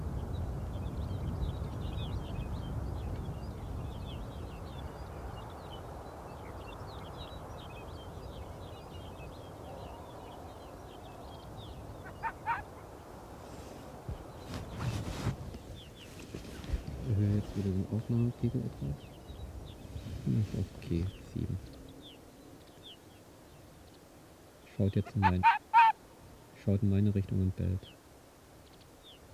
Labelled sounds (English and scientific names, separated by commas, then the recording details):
Arctic Fox (Vulpes lagopus)
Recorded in the wild
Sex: male
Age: adult
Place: Insel Mednyi, Kommandeur-Inseln, RU
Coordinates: 54.5167, 168.083
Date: 1999-07-09
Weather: heiter, 9°C
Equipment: Sony WM-D6C, Sennheiser MKH 70, Windkorb, Kopie Sony TCD-D8
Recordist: Frommolt, Karl-Heinz
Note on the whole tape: Südosten der Insel, Beobachtung von Bambusstange aus: Polarfuchsrüde rechts Grün/Grün 68 läuft im Tal von der Quelle in Richtung Weggabelung (Robben/Fuchsbau). Äußert dabei Bellstrophen - 5 aufgezeichnet. Entfernung 80 m. (Ende: hat Pfad überquert ...)